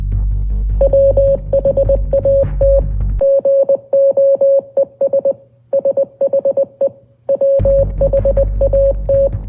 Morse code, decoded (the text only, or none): WHAT GOES SHE WHAT